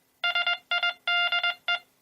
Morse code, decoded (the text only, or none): SIDE